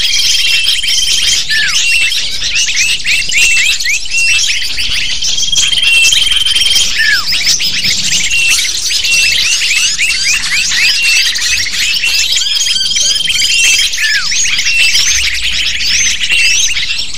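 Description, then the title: Lovebird flock calling nonstop: overlapping high, scratchy chirps and slurred squeaks, joined now and then by faint level tones. Calls used as a lure (pikat) to attract lovebirds. "PIKAT BURUNG LOVEBIRD"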